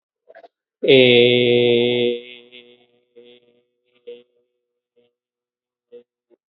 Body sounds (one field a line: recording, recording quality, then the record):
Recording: sustained vowel as in made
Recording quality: excellent, no background noise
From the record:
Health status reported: healthy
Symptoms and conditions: cold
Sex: male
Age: 50 years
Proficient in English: yes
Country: India